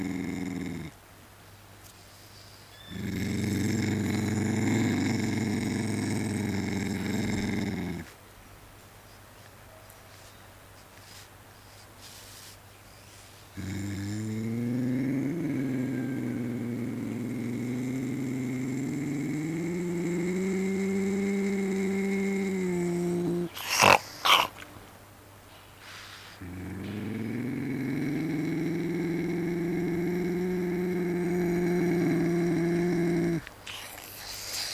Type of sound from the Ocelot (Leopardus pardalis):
call